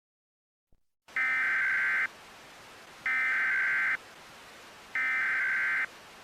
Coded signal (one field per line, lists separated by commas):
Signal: Emergency Alert System (SAME) tones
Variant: header bursts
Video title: EAS SCENARIO JENNIFER